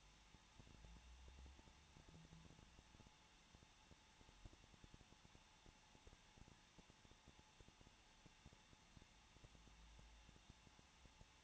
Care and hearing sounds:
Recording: daily activity, microphone in the room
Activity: no activity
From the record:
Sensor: 1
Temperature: 20.1 degrees Celsius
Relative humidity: 39.4%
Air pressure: 1006.4 hPa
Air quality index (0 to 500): 219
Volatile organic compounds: 83 ppm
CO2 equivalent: 3628 ppm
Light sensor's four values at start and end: 1/2/1/1 and 1/2/1/1

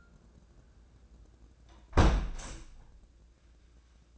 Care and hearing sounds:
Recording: daily activity, microphone in the room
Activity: close window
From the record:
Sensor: 2

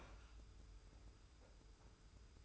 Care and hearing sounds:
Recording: daily activity, microphone in the room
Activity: open fridge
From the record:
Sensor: 2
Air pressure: 990.9 hPa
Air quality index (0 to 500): 125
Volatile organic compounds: 108 ppm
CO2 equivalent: 3805 ppm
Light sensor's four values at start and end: 24/58/23/23 and 24/58/23/23

